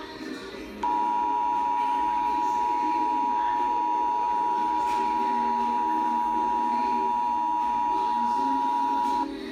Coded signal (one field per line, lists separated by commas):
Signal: Emergency Alert System (SAME) tones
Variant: 853 and 960 Hz attention tone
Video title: EAS #113 Illinois Communications Drill